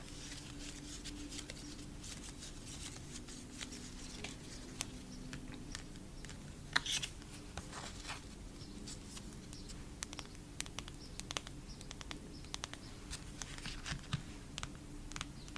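Photocards are tapped in quick, irregular clicks that run the whole way through, sometimes in small bursts and sometimes spaced apart, with one sharper tap near seven seconds. A faint steady low hum sits underneath throughout.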